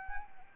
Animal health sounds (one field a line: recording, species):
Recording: mosquito wingbeat signal from an infrared sensor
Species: Anopheles arabiensis